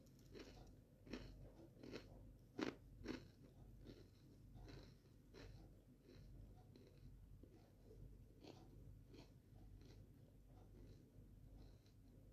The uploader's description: Making crunchy sandwiches and eating them.